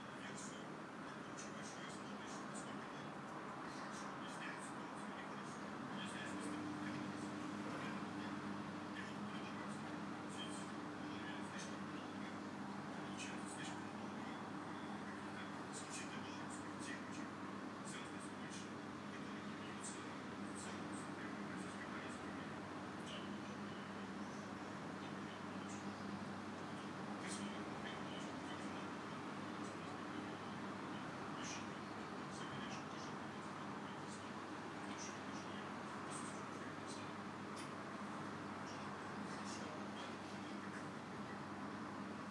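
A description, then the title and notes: A calm morning in a city, with a steady low rumble of traffic or a passing train filling the background throughout. Murmured voices and scattered short clicks and taps come and go, and a faint hum holds briefly near the start. Calm morning in Wroclaw.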